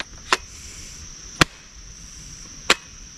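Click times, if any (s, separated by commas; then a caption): none. An aftermarket 60 V slide battery is pushed onto the battery mount of a battery-powered pole saw several times, making three sharp plastic knocks at about 0.3, 1.4 and 2.7 seconds over a steady high-pitched hiss. The plastic latch fails to catch, and nothing has seated or clicked yet.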